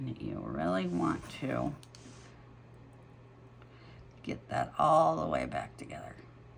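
A small metal jewelry ring or finding is being pressed back together on a vintage wooden ruler pendant while someone talks. Faint handling sounds fill the quiet stretch in between, but nothing has seated or clicked yet.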